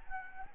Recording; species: mosquito wingbeat signal from an infrared sensor; Anopheles gambiae